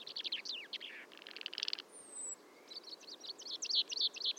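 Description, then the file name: Common chaffinch song: a cascading series of chirpy notes ending in a buzzy burst, then a high thin whistle and a second song begins, rapid and bright. "Fringilla coelebs"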